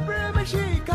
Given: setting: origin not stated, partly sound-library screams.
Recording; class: one-second piece from a danger detection set; normal situation